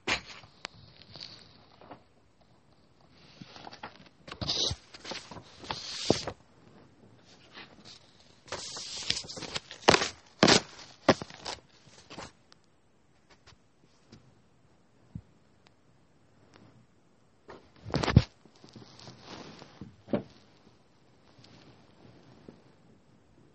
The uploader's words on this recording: Doing homework drawing and writing sounds. Lots of writing sounds.